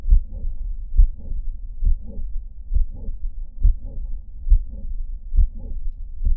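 Regular low heart sounds at about 68 beats a minute, each followed by a fairly loud, musical, honking tone late in systole. This late systolic musical murmur comes from mitral valve prolapse, and its late timing means the regurgitation is hemodynamically insignificant.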